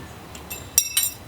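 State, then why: Not seated. A thin stamped steel rear brake pad abutment clip on a 2016 Jeep Wrangler is put into the caliper bracket the wrong way and squeezed in. A faint tap at 0.4 s is followed by a sharp metallic clink at 0.8 s and another clink near 1.0 s as the clip pops out. Nothing has seated or clicked, and the clip fails because it was fitted the incorrect way.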